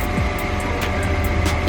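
A crimped wire terminal, its locking prong facing out, is lined up at a plastic connector plug housing before being slid in, during a KW V3-to-air suspension conversion on a BMW Z4 E89 GT3 race car. A steady, broadband, engine-like hum runs through the whole clip with no sudden sounds. The terminal has not yet seated or clicked in place.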